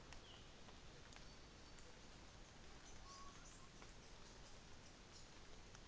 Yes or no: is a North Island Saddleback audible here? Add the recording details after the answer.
yes. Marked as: faintness 5/5, faintness 4/5. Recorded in New Zealand on 24 December 2018. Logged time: 09:00